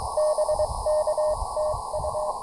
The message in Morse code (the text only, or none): BK TU